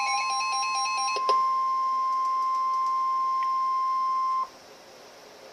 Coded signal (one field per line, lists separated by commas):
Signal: Emergency Alert System (SAME) tones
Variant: 1050 Hz attention tone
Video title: Flash Flood Warning issued soon after another FFW! EAS 8